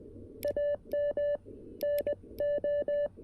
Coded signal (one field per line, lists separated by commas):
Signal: Morse code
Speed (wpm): 20 wpm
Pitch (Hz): 580 Hz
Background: none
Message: AM NO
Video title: BUDGET CW! CFT-1, 3d Printed Key, and DIY Antenna! Oh My!